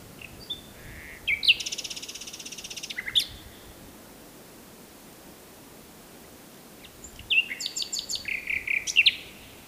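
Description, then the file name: Common nightingale singing two phrases: a loud fast rattling trill over a second long, then after silence a jumbled burst of rapid varied notes. "Luscinia megarhynchos"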